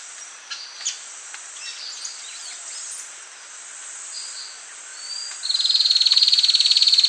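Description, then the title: Streak-capped antwren: after faint scattered chirps, a rapid high trill of quick even notes begins and runs to the end. "LuckyPassaro Completos2Sama. Streak-capped Antwren (Terenura maculata)"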